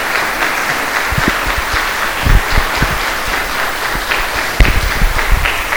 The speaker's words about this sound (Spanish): Pero a Él entonces tenemos que tributarle gratitud y honra y reconocimiento, si lo querés hacer con un aplauso, solo por esto que hemos escuchado hasta aquí. Así sea para el Señor.